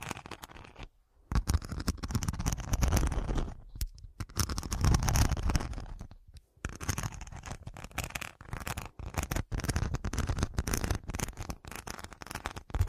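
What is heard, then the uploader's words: Dense, rapid tapping runs through the whole clip, with quick clicks and scratchy rustles packed tightly together. The texture keeps shifting in bursts, cutting out briefly near 1 second, 4 seconds and 6 seconds before resuming, with heavier low thumps around 5 seconds. 100% Pure Tapping Turnado for Sleep.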